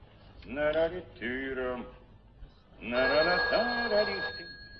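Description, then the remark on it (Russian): A telephone rings in three warbling electronic bursts, the last one longer and carrying a steady high tone, with pauses between the rings. “протянул руку к телефону”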